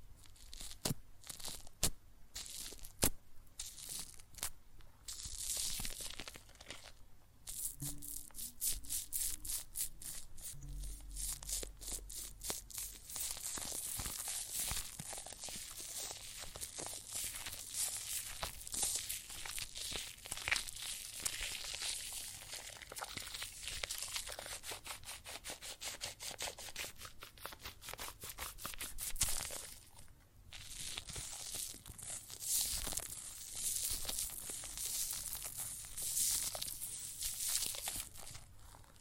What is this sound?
Water and Soap Foam Sounds